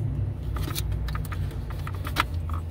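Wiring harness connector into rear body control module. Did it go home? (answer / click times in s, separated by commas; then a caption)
yes / 2.2 s. A wiring harness connector is pushed onto the rear body control module of a 2009-2013 Jaguar FX, with soft rustling handling noises and a low background rumble. The connector's plastic latch clips into place with a sharp click at 2.2 s, and the connector is seated.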